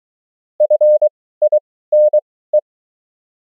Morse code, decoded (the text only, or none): FINE